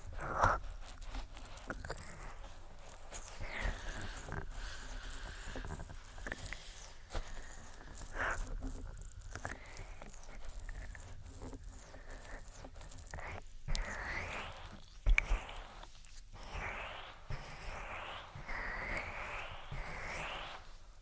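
Soft ear-attention sounds of rubbing, tapping and cupping, with muffled swishing sweeps and scattered crisp taps, a sharp knock near fifteen seconds.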